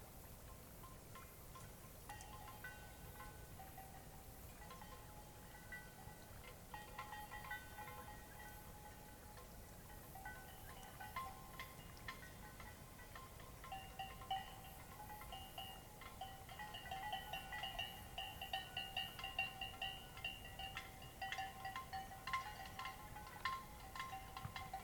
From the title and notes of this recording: This was recorded on a cloudy night beside Taylor Lake in the Russian Wilderness, Klamath National Forest, Siskiyou County, California. The recording starts at around midnight and continues until sunrise. The night was fairly calm with a faint breeze blowing through the treetops. Midnight Till Morning Beside Taylor Lake.